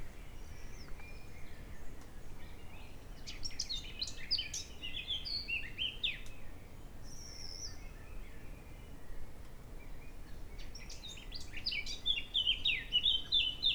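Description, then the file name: Eurasian blackcap singing two bursts of rapid, scratchy warbling that break into clear fluty whistled notes, separated by a pause, over soft low rumble. "Sylvia atricapilla"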